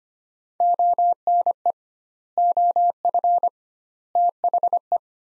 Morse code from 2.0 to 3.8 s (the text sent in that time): OF